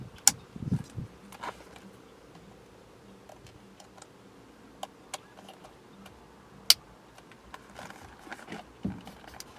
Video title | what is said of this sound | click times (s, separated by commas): 1997-2004 Ford Truck / SUV Air Bag Steering Wheel Black Installation Tutorial How-To | sure when you reinstall these plugs that you hear them click into place | 0.3 s, 6.7 s